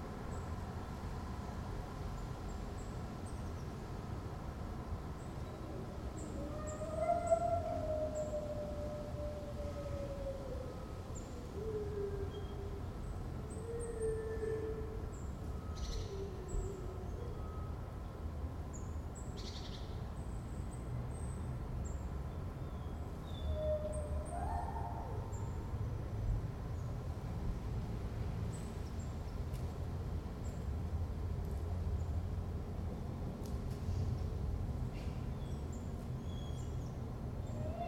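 A dog howls faintly, in a few drawn-out wavering calls, over a steady low rumble and occasional sharp clicks.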